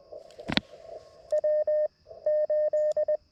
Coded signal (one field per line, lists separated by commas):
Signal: Morse code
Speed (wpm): 20 wpm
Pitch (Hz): 610 Hz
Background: none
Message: W 8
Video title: A quick QRP CW POTA activation with the LNR Precision MTR-4B